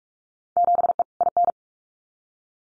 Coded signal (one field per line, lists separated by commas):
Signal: Morse code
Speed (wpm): 44 wpm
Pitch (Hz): 700 Hz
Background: none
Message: 7E IN